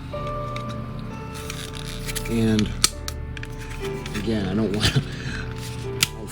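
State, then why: Seated. Someone talks while test-fitting, by hand, a plastic piece of an original 1966 AMT Star Trek U.S.S. Enterprise spaceship model kit (first tooling and molds) into its mating hull piece, guided into place with faint handling noises. A sharp click at 6.0 s is the piece seating into place. It is not damage: it seats because of the kit's quality.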